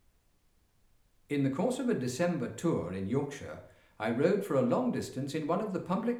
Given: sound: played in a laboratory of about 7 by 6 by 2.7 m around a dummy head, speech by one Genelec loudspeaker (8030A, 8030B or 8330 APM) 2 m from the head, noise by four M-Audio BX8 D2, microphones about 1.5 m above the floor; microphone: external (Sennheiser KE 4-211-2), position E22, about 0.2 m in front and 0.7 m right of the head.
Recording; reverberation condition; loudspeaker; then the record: male speech in English; medium; 60 degrees to the right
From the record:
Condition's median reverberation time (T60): about 510 ms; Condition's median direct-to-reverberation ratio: about -0.5 dB